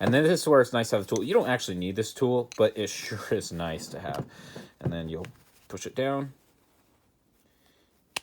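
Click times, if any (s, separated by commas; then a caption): 8.2 s. During reassembly of a 1911 pistol, someone talks while the metal recoil spring plug is pushed down and the barrel bushing is turned back over it. After a quiet stretch, a single sharp click at 8.2 s marks the bushing clicking back into place over the spring plug, seated with everything back together.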